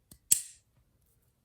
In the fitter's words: but one thing that's super satisfying about this is the awkward sound this makes when this shuts it's like a click sound let's see if i can demonstrate